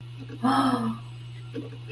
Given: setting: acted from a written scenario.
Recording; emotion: vocal sound without words; interest